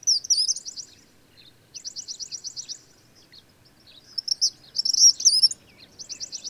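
Bird singing high-pitched phrases that mix rapid, evenly pulsed trills with sharp warbling flourishes, trading off between trill and twitter several times.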